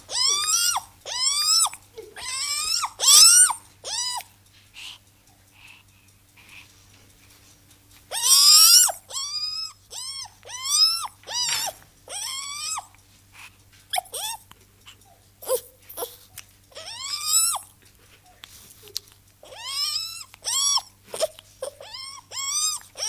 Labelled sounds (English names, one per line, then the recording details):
Silvery Javan Gibbon call
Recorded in captivity
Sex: female
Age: juvenile
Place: Zoo Rostock, Mecklenburg-Vorpommern, DE
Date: 1984-02-03
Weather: bedeckt, 3-6°C
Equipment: Nagra SN, Kopie Uher 4000 Report Monitor
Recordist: Tembrock, Günter